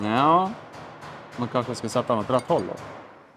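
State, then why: Not seated. A hex-shank thread tap is handled and turned the right way round before being pushed into a metal tap holder, while someone talks. Nothing has seated or clicked yet.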